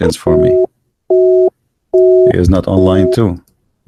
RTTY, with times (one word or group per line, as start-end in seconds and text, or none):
none